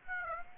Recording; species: mosquito wingbeat signal from an infrared sensor; Aedes aegypti